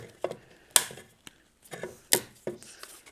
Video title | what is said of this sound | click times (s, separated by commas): How To Install A Weatherproof Outlet - Weather Resistant Receptacle and In-Use Cover! | It's going to snap into place. | 0.8 s, 2.1 s